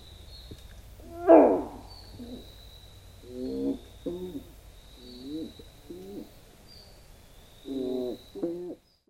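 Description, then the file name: Holst's frog calls: short, wavering notes given singly and in small groups at uneven intervals, with a faint high whistle and low rumble behind. 9 May 2015. "horusutogaeru 150509"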